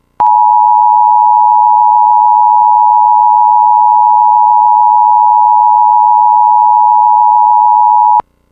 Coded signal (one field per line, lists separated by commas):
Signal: Emergency Alert System (SAME) tones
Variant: 853 and 960 Hz attention tone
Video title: Required Monthly Test on Spectrum (EAS #551)